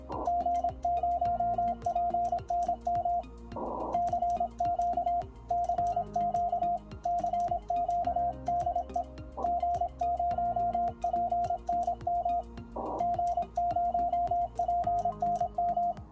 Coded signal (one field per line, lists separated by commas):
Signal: Morse code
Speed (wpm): 26 wpm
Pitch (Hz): 700 Hz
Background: music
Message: G0PNM CQ CQ CQ DE G0PNM G0PNM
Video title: G0PNM's Keys #9 The Begali Traveller